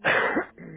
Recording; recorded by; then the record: voluntary cough; telephone call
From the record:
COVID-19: positive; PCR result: checked with the laboratory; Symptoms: no